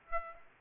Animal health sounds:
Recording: mosquito wingbeat signal from an infrared sensor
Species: Aedes aegypti

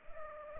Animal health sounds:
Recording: mosquito wingbeat signal from an infrared sensor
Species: Culex pipiens

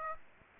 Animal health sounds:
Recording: mosquito wingbeat signal from an infrared sensor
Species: Aedes aegypti

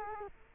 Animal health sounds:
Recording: mosquito wingbeat signal from an infrared sensor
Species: Culex quinquefasciatus

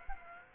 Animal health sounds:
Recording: mosquito wingbeat signal from an infrared sensor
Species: Aedes aegypti

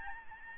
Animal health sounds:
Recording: mosquito wingbeat signal from an infrared sensor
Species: Aedes albopictus

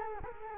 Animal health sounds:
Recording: mosquito wingbeat signal from an infrared sensor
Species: Culex quinquefasciatus

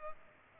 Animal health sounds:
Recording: mosquito wingbeat signal from an infrared sensor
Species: Culex pipiens

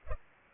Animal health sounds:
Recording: mosquito wingbeat signal from an infrared sensor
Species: Culex pipiens

